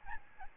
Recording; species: mosquito wingbeat signal from an infrared sensor; Aedes albopictus